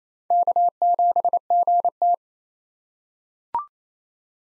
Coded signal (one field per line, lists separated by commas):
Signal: Morse code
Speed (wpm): 28 wpm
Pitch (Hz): 700 Hz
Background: none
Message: K7GT